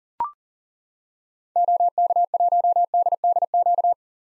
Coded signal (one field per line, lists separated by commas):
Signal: Morse code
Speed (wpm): 40 wpm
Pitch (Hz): 700 Hz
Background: none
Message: OK1DDQ